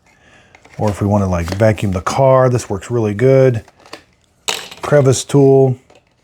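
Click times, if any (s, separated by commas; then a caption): none. Someone talks while handling a plastic crevice tool for a Fanttik Slim V8 Mate cordless car vacuum, bringing it to the handheld vacuum's nozzle, with a sharp knock near 4.5 s. The tool has not seated or clicked onto the nozzle yet.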